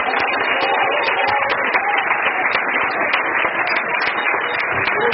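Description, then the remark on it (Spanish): An audience applauds Christ steadily, dense overlapping claps forming a loud, even wash of sound for about five seconds, with voices faintly mixed in. “Del aplauso a Cristo.”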